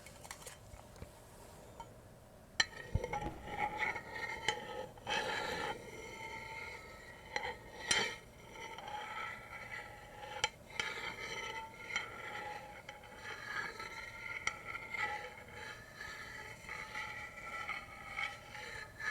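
Ear-to-ear tapping, scratching and brushing, starting quiet for about two and a half seconds before a sharp tap opens a dense run of scratches and rubs. Crisp taps punctuate it irregularly, near 8 and 10.5 seconds, over a steady brushing hiss.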